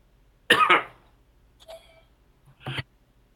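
A loud double cough burst from an adult, followed by a quieter, brief cough about two seconds later. The coughs are harsh and loose-sounding, in a quiet room, during seasonal illness.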